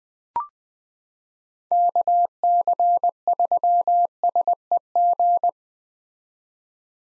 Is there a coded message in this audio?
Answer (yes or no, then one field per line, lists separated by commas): yes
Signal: Morse code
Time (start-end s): 1.7-5.5 s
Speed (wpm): 21 wpm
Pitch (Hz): 700 Hz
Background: none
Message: KC3SEG